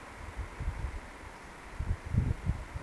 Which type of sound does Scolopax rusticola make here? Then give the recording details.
whistle. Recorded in Baden-Württemberg, Germany, on 17 June 2020 at 20:21 UTC. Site 14569, 102 m above sea level